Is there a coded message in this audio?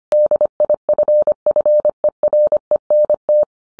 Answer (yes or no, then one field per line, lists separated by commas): yes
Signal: Morse code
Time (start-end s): 0.1-3.4 s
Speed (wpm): 25 wpm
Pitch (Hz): 600 Hz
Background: none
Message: DIFFERENT